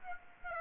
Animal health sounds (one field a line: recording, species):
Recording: mosquito wingbeat signal from an infrared sensor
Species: Aedes aegypti